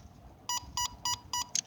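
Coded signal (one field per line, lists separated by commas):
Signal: none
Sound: toy robot dog beeps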